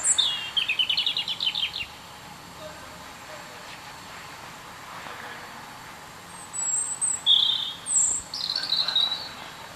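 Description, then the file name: European robin song: a quick run of high repeated trilled notes, a pause, then thin high whistles and sliding phrases near the end. "Erithacus rubecula"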